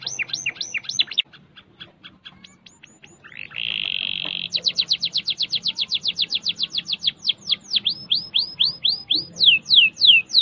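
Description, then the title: Canary song: rapid trills and fast repeated downward-sweeping notes, a sustained buzzy rattle near the middle, then a long run of quick descending whistles. "Kenari"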